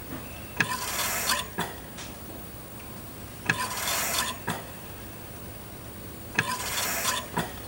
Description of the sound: Sound Effects BBC Hospital ICU. Ventilator recorded at machine end.